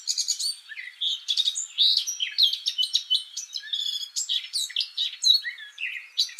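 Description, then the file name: Eurasian blackcap song, a dense chattering run of rapid high twitters and clicks, uneven and unbroken for the whole stretch. "Sylvia atricapilla"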